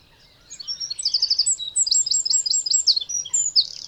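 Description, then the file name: Eurasian wren song, a fast, loud sequence of very high trills and staccato notes pouring out without pause. "Troglodytes troglodytes"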